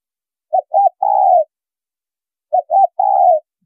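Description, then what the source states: Spotted dove delivering two matching phrases of two short coos and one long steady coo, about two seconds apart. Female bird.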